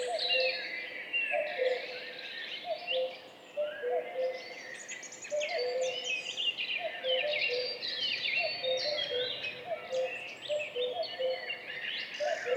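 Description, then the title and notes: Two common cuckoos answering each other with overlapping falling cu-coo notes throughout, accompanied by a rich chorus of singing small birds. Duet of two common cuckoos, spring dawn at 5:20, 14 May 2019, Piste aux espagnols, Val Maravel; stereo recording with Mixpre3 recorder and MKH8020 microphones. "Duo de coucou. 14 mai 2019-Piste aux espagnols - Val Maravel - 5h20-Mixpr3-mkh8020-stereo. Ici, un mémorable duo de deux coucous gris"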